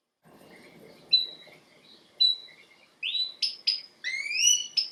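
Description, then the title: Domestic canary giving a few scattered whistled notes over faint low background noise, followed by louder sharply rising chirps. Male Belgian canary singing a lot, to warm up young birds. "Esquente Seu Filhote E Canario Belga Macho Cantando Muito"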